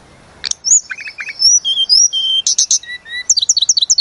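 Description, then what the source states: Sunda robin song: quick high chirps, a short group of repeated lower notes and clear whistled notes, ending in a rapid run of repeated sharp chirps. Used to train cage birds.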